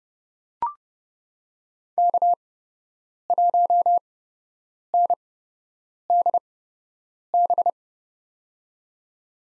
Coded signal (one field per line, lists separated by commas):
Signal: Morse code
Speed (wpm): 30 wpm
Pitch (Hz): 700 Hz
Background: none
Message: K1NDB